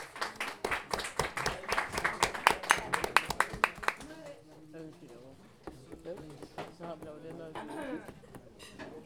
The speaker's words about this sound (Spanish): Un aplauso, por favor.